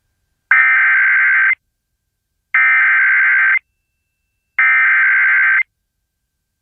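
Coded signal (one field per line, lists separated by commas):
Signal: Emergency Alert System (SAME) tones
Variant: header bursts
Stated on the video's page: Personally captured EAS alerts from one day, compiled.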